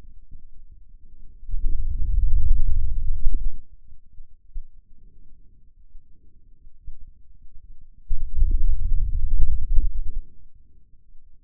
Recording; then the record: forearm muscle sounds (acoustic myography)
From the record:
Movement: hand opening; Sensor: system 2, bracelet of six BSWA MPA416 microphones around the upper forearm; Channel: 3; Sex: male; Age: 22 years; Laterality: right